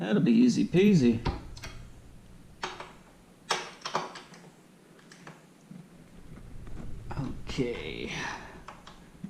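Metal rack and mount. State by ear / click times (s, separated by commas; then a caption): not seated / none. A Givi PLR3112 rapid-release side luggage rack is handled against its quick-release mount on the frame of a 2018 Suzuki V-Strom 650XT motorcycle, and someone talks at the start. Short knocks and taps come between about 1.6 and 4.0 seconds, with some rustling handling near the end. The rack has not seated or clicked in yet.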